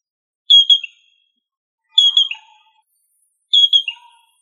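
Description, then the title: Rail call: three short, high whistled notes, each ending with a quick downward slur, spaced about one and a half seconds apart, with faint lower notes underneath. "Familia Rallidae"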